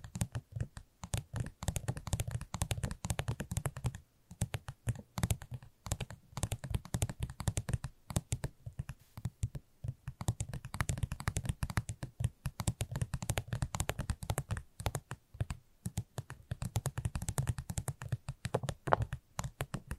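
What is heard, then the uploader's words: Rapid tapping fills the recording, fingers or nails striking a surface in quick, dense clusters with only brief gaps, like a pause just after four seconds. Each tap is crisp and sharp, over a soft low thud, and the pace stays busy and irregular throughout. ASMR Irresistible Tapping. No Talking.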